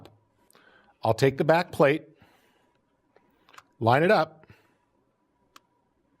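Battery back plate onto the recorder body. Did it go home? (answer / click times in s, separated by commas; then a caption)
no / none. A battery back plate is handled and lined up over the battery compartment of a recorder body while someone talks. Only faint, short handling ticks are heard in the quiet gaps. The plate has not snapped on yet, and nothing has seated or clicked.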